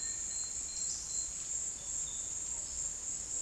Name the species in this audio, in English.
none